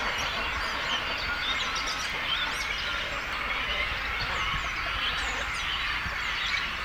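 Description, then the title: Cormorant colony calling, many birds at once producing a busy, unbroken chorus of rasping and squeaky notes, with scattered sharp higher calls. Breeding colony of cormorants with young birds, at Zemitz, Germany. "Zemitz, Deutschland - Kormorane brüten (mit Jungvögeln). breeding cormorants (with children)"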